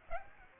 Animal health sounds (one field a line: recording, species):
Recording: mosquito wingbeat signal from an infrared sensor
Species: Aedes aegypti